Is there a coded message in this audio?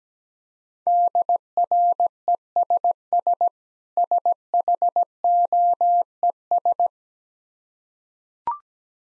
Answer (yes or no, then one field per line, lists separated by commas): yes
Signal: Morse code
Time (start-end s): 0.9-6.9 s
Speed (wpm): 17 wpm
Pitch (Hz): 700 Hz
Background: none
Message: DRESS SHOES